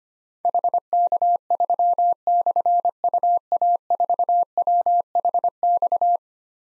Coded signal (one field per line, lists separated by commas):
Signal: Morse code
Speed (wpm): 25 wpm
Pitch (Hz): 700 Hz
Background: none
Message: HK3/UA4WHX